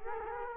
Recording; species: mosquito wingbeat signal from an infrared sensor; Culex quinquefasciatus